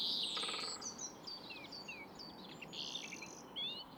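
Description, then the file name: European greenfinch calls, a dense mix of high chirps, short downslurred whistles and rapid trills, with a steady hiss of background noise. "Chloris chloris"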